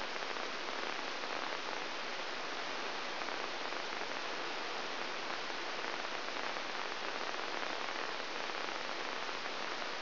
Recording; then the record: brain microelectrode recording played as sound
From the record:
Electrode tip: inside the subthalamic nucleus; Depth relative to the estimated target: 1 mm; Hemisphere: right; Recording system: AlphaMap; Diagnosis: Parkinson's disease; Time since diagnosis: 12 years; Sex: female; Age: 56 years